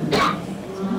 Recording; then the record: coughing mixed with background sound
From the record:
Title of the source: Barking cough - # 10